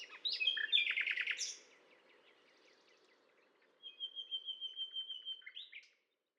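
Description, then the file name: Common nightingale song: a rich chattering phrase with rapid notes, a pause, then a long, steady, high whistle with a pulsing underlayer. Recorded on a limestone butte in France, on 19 May 2012. "rossignol philomele Butte calcaire de Gratacap"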